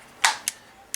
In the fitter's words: and you can kind of feel it when it's falling into place. Snap, snap, snap, snap.